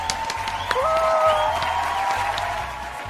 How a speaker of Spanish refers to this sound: Vale. Venga, un aplauso para nosotros.